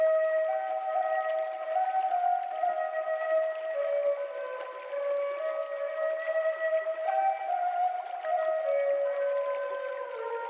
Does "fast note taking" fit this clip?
no